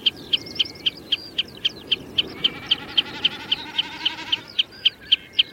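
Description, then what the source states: Common snipe chippering, sharp clipped chip notes repeated steadily nearly four times a second, with a soft throbbing drum in the middle. Common snipe drumming or giving chippering calls from the ground before spring dawn on English upland heather moors.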